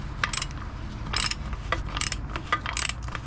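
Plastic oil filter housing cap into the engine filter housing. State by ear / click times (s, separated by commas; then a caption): not seated / none. A plastic oil filter housing cap is being screwed back into the engine's filter housing on a 2014 Toyota Corolla during an oil change. A series of sharp, metallic ticking hits repeats through the clip, with a sudden spike at 0.2 s. Nothing has locked or seated yet.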